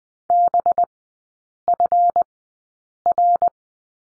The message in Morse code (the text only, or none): BFR